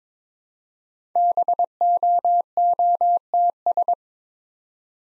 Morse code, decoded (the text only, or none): BOOTS